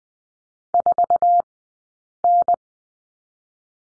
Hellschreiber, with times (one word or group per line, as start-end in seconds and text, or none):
none